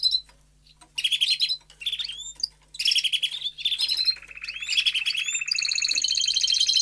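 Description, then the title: Domestic canary song: near silence at first, then bursts of bright trills and chirps, ending in a long, steady, high rolling trill. Male Belgian canary singing a lot; meant to warm up and train young canaries. "Canary Training Esquente Seu Filhote E Canario Belga Em 30 Minutos Macho Cantando Muito"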